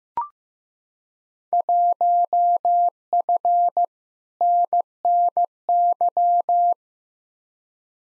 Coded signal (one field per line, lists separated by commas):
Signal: Morse code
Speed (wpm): 15 wpm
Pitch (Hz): 700 Hz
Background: none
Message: 1F NNY